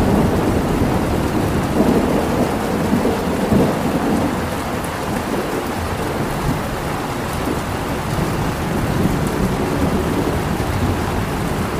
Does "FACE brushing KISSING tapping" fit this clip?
no